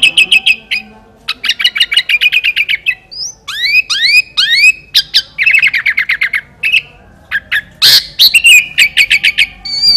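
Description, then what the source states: Sooty-headed bulbul song: bursts of rapid, evenly repeated chirps around mid-high pitch, broken by rising whistled sweeps and a sharp harsh note, in energetic phrases with short pauses. Kutilang master recording in a fierce song style called 'gaya sangar', with the voice described as thunderous ('suara halilintar').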